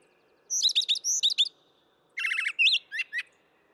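Brown thrasher singing two bursts of rapid, varied chirps and slurred whistles, with notes often given in quick repeated groups.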